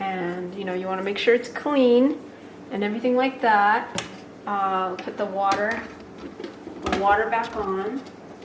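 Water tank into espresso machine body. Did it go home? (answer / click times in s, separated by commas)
no / none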